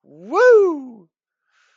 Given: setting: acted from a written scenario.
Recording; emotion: vocal sound without words; triumph